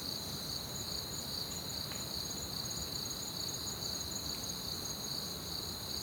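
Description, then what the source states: Cricket chorus of high, rapidly pulsing trills holding steady throughout, with a couple of faint brief sweeping sounds over low background noise. Crickets at night in an orchard, recorded from a balcony on a Zoom H6; some compression and reverb added.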